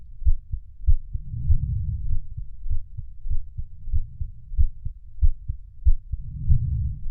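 An adult's heartbeat: steady, low, dull thumps repeat at about 97 beats a minute in a fairly regular rhythm. Two slow whooshing swells rise over the beats, one early and one near the end, as deep breaths are drawn in and out.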